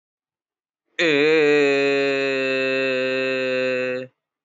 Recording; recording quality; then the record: sustained vowel as in made; excellent, no background noise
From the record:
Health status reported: healthy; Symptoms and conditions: none ticked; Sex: male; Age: 23 years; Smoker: yes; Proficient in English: yes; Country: India